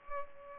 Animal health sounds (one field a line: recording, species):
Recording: mosquito wingbeat signal from an infrared sensor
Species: Culex pipiens